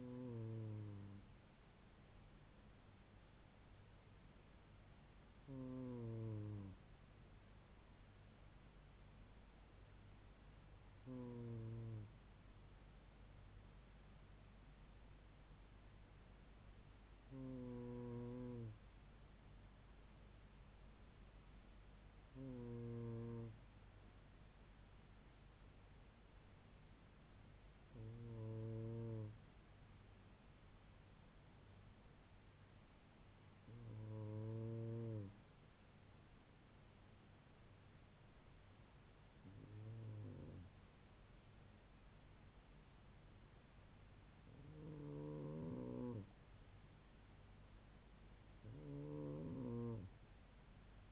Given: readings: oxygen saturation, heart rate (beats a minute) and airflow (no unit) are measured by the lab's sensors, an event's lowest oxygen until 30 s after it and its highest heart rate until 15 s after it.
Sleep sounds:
breathing in sleep by a voice recorder at the bedside; none
none scored
From the record:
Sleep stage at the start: N2 (light sleep); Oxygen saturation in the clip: 96 to 97%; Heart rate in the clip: 71 to 76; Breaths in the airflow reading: 10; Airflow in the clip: -3.2 to 2.8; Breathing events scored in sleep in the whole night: 158 in 7.3 hours asleep

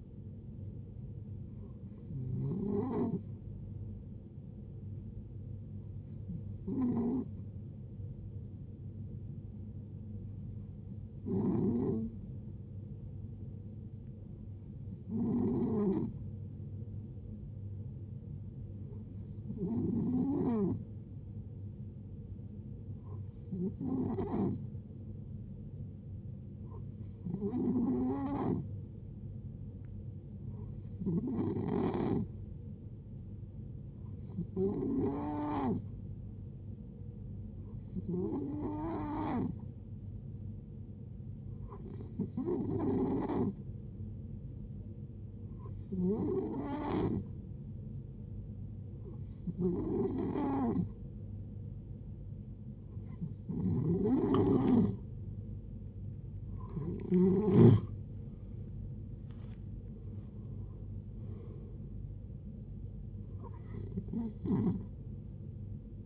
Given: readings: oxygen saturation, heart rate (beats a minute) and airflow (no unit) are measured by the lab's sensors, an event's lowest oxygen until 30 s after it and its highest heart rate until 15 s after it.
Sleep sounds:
breathing in sleep by a smartphone at the bedside; 1
4.00-27.20 s: hypopnea (N2, oxygen 93% highest, then 90% lowest, heart rate 65 at the start, 73 highest)
From the record:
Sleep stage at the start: N2 (light sleep); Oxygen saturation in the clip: 90 to 93%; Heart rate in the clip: 57 to 79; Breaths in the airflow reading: 17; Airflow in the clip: -10.1 to 11.2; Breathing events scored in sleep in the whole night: 389 in 6.3 hours asleep

